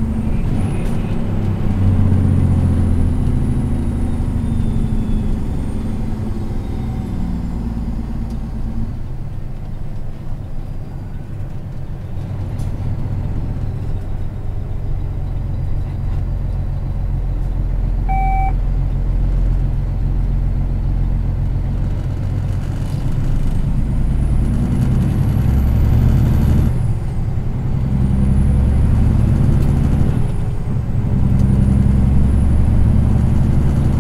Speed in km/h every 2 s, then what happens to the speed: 56, 46, 39, 33, 30, 29, 29, 28, 25, 26, 27, 33, 40, 44, 50, 53, 59.
0-7 brakes to 30. 7-18 steady at about 28. 18-34 speeds up to 59.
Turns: 8-15, 19-21.